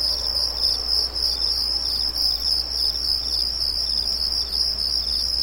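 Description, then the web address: Crickets chirp in a dense, shrill, rhythmic chorus that holds steady for the whole stretch, over quiet background noise. Night ambience of light, high-pitched, rhythmic crickets. "Nature Ambiences Night Ambience Light High-pitched Crickets Rhythmic"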